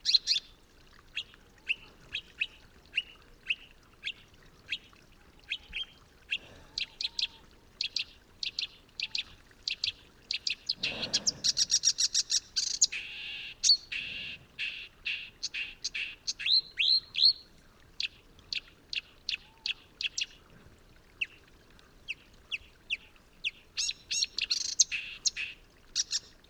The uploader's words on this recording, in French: Vercors - Nagra seven - mkh40. Elle viennent juste d'arriver les Rousserolles verderolles (Acrocephalus palustris) . Elles sont ici dans le Vercors à la limite sud de leur distribution et arrivent tard en saison.